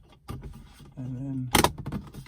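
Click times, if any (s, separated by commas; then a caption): none. A plastic dome light trim piece with spring clips on a 2008 Volkswagen EOS is handled and lined up with the overhead console housing in the headliner while someone talks. A short burst of handling noise comes near 1.6 seconds, but nothing has seated or clicked yet.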